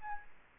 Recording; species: mosquito wingbeat signal from an infrared sensor; Aedes albopictus